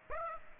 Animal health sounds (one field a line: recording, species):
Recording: mosquito wingbeat signal from an infrared sensor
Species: Aedes aegypti